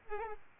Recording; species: mosquito wingbeat signal from an infrared sensor; Aedes albopictus